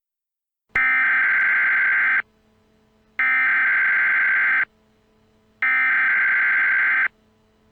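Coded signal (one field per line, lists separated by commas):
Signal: Emergency Alert System (SAME) tones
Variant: header bursts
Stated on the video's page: Fictional EAS scenario.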